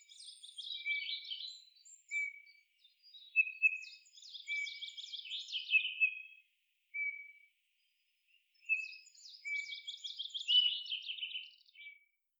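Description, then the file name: Eurasian bullfinch giving soft, flat, piping whistles mixed with three spells of creaky, twittering warble. "Pyrrhula pyrrhula"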